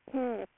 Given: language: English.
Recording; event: throat vibration sensor signal played as sound; speech